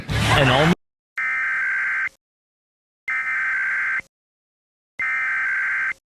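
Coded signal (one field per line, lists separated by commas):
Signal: Emergency Alert System (SAME) tones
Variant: header bursts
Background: speech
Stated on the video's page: Fictional EAS scenario made with generative AI voices.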